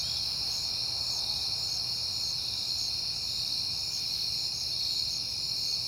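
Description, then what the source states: Cricket: shrill, unbroken chirping from many crickets, with a rapid pulsed trill riding above the steady ringing and a soft low hum. Crickets recorded at night in September on a peaceful night; crickets heard often that month.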